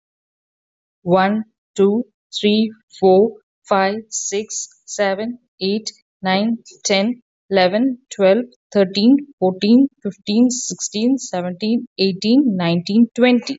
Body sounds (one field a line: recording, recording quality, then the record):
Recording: counting at a normal pace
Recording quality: excellent, no background noise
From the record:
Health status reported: healthy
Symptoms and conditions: diabetes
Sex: female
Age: 41 years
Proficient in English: yes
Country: Canada